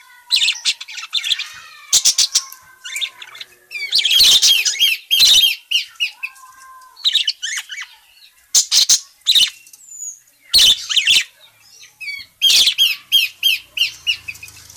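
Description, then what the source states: Parakeet chatter: rapid high squawks and twittering notes in repeated bursts, with short pauses between runs of harsh calls. Calling; described as gacor, meaning it calls vigorously and often.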